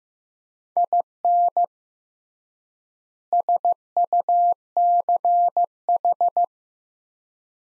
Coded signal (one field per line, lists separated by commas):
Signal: Morse code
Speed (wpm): 15 wpm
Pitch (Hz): 700 Hz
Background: none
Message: IN SUCH